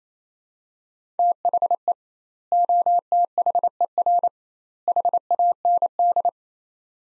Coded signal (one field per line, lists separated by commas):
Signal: Morse code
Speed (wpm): 28 wpm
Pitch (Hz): 700 Hz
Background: none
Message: THE OTHER HAND